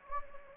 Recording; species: mosquito wingbeat signal from an infrared sensor; Anopheles gambiae